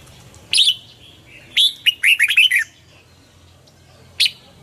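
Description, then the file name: Red-whiskered bulbul giving a single sharp note, then a rapid, rolling phrase of bright, chirpy notes, and one more short note. Red-whiskered bulbul of the Hue strain, singing in the double-voice song style (giong kep). "Tieng chao mao hue hot giong kep"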